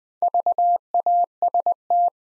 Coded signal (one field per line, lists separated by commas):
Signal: Morse code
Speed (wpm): 20 wpm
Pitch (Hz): 700 Hz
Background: none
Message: VAST